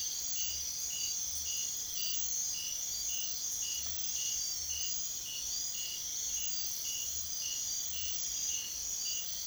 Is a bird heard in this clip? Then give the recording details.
no. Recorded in secondary vegetation near Puerto Asís, Putumayo, Colombia, on 22 June 2025 at 02:00. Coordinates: 0.500, -76.326. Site GP08